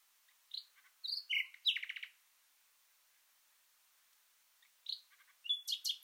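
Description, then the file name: Common nightingale song: varied whistled and clicking notes in short bursts, a long silent gap, then another phrase ending in rapid sharp notes. "Luscinia megarhynchos"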